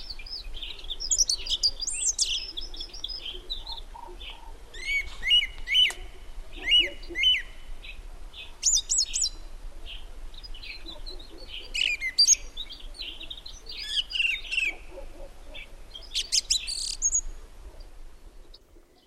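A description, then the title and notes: A song thrush sings in bright, repeated phrases, with a wren adding fast high trills, the calls overlapping almost continuously across the whole stretch. Clear whistled notes stand out around five to seven seconds, over a low steady rumble of wind or traffic. Thrush and wren, Peak District. Mainly songthrush, accompanied by a wren. During lockdown. Recorded by Ian Evetts.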